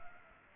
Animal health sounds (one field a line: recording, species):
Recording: mosquito wingbeat signal from an infrared sensor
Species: Culex pipiens